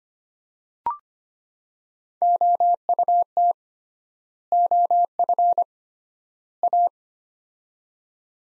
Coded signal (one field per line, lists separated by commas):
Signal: Morse code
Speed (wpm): 25 wpm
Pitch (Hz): 700 Hz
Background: none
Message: OUT OF A